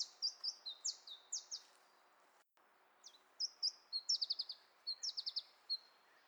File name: iberischer zilpzalp